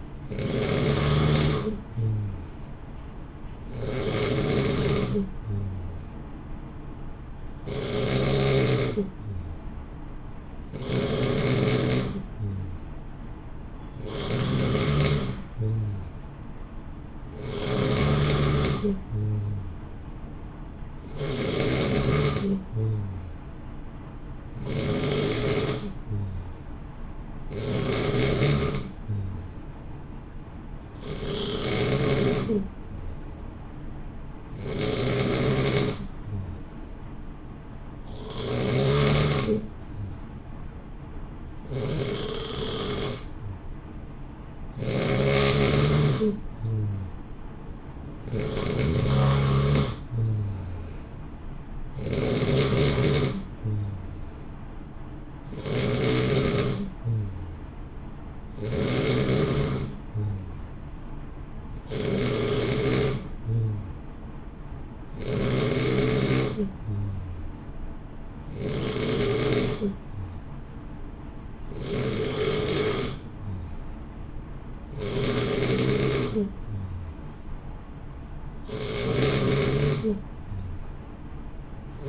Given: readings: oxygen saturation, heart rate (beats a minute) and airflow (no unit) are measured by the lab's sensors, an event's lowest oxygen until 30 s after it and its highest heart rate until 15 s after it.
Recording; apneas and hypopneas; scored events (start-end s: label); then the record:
breathing in sleep by a smartphone at the bedside; none
59.00-82.09 s: new sleep stage, N2 (light sleep)
From the record:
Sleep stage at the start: N3 (deep sleep); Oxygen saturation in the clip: 89 to 91%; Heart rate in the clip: 58 to 62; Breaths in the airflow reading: 29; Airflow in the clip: -0.7 to 0.9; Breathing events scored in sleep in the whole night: 328 in 6.3 hours asleep